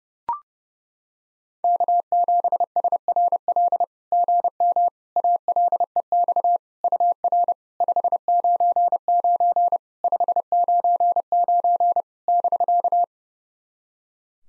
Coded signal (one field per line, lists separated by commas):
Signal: Morse code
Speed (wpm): 30 wpm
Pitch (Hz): 700 Hz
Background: none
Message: K7SRL GM ALEX UR 599 599 <BK>